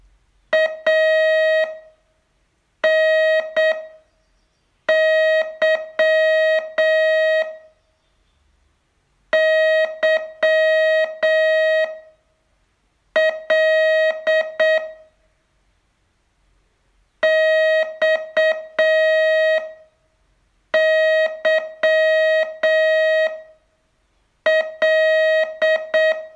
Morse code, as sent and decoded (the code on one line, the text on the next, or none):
.- -. -.-- / -.-- .-.. / -..- -.-- .-..
ANY YL XYL